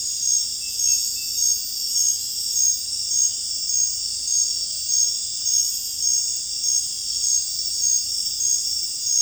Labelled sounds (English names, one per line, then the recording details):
none
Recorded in secondary vegetation near Puerto Asís, Putumayo, Colombia, on 26 December 2024 at 23:00
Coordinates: 0.484, -76.319
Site GP06